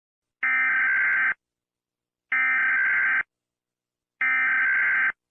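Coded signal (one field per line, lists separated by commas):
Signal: Emergency Alert System (SAME) tones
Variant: header bursts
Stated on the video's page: Fictional EAS scenario, not a real alert.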